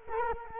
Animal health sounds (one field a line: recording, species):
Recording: mosquito wingbeat signal from an infrared sensor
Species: Culex quinquefasciatus